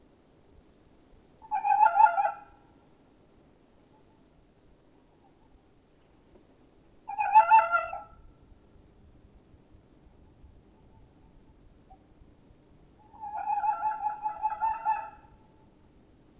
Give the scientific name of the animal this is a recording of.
Vulpes vulpes